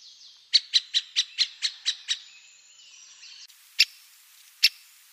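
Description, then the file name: Great spotted woodpecker giving a quick run of eight sharp, hard kix notes, then two single calls spaced apart, with faint bird song behind. "Pic epeiche"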